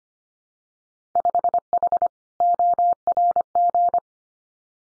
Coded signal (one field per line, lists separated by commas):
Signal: Morse code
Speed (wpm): 25 wpm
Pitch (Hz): 700 Hz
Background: none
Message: 5H ORG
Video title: Winter Field Day Exchange Encore 25wpm